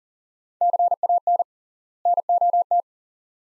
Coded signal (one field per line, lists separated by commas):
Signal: Morse code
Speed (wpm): 40 wpm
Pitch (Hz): 700 Hz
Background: none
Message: CAN NOT